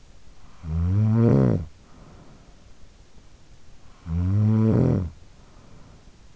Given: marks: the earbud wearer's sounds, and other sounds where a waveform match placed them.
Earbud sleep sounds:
sounds in sleep by an in-ear microphone; snoring breath
0.23-2.97 s: snoring breath
3.67-6.36 s: snoring breath

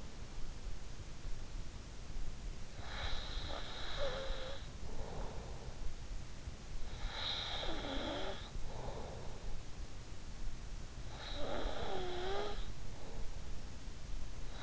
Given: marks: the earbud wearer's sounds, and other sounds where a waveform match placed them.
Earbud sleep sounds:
sounds in sleep by an in-ear microphone; breath, snoring breath
2.86-10.73 s: breath
10.73-14.33 s: snoring breath
14.33-14.63 s: breath

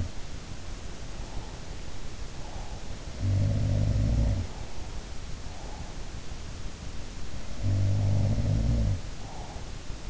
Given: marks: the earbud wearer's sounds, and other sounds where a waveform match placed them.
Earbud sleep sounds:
sounds in sleep by an in-ear microphone; breath
0.95-2.95 s: breath
2.95-4.69 s: sound from someone else or the room
4.21-6.25 s: breath
7.43-10.10 s: sound from someone else or the room
7.91-10.10 s: breath

